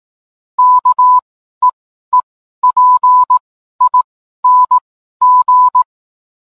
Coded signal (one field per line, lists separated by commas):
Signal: Morse code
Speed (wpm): 18 wpm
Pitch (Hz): 1000 Hz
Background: none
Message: KEEPING